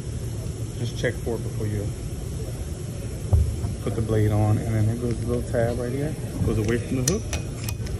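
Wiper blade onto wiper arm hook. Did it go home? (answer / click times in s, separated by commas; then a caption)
yes / 7.7 s. A windshield wiper blade on a 2017 BMW X5 is pushed onto the hook of the wiper arm, with its small tab facing away from the hook, while someone talks over a steady background hum. A sharp click at 7.7 s marks the blade latching and seating on the arm.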